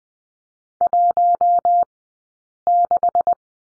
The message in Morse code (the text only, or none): 16